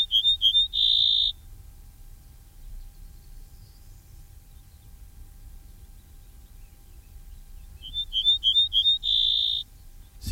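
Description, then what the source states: Ortolan Bunting song, two phrases of a few ringing notes ending in a longer steady tone, one at the start and one near the end. Recording played on the programme.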